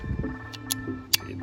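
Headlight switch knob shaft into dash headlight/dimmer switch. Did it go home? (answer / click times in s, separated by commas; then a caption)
yes / 0.7 s, 1.1 s. With the release button held in, a new headlight switch knob and shaft for a Mazda B-Series/Ford Ranger is pushed into the dash headlight/dimmer switch. Two sharp snaps are heard at 0.7 s and 1.1 s over a faint steady hum. The knob is seated and locked in place, with no talk heard.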